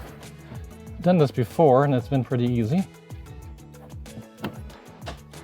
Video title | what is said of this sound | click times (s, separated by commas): Replace Cabin Air Filter - 2001-2007 Toyota Highlander | that's snapped in and the edge is beyond the little flared end is beyond the edge here | 4.4 s